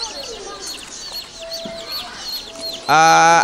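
A flock of chickens clucks and chirps in a busy, overlapping chatter, ending with a loud, harsh, sustained squawk that cuts in sharply at the close.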